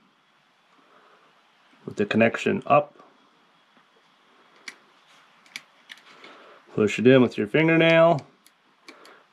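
Someone talks while a plastic micro SD card, connection side up, is pushed with a fingernail into the spring-loaded card slot under the rubber seal of an AOSU solar security camera. Faint taps and ticks come through between the talking, and the card clicks and latches into place at 8.9 s, fully seated.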